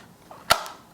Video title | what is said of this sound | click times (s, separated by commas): How to Install Your Gimbal Cover on Your DJI Mini 5 Pro | And now you're going to hear a click. | 0.5 s